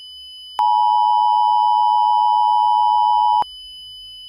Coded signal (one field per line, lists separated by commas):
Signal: Emergency Alert System (SAME) tones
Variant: 853 and 960 Hz attention tone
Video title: EAS Scenario: Birthday Desserts (REMASTERED)